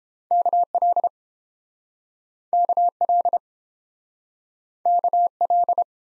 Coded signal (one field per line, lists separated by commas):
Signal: Morse code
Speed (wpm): 31 wpm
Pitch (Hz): 700 Hz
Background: none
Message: KL KL KL